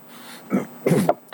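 Two short, rough voiced bursts from an adult man clearing his throat or giving a brief cough.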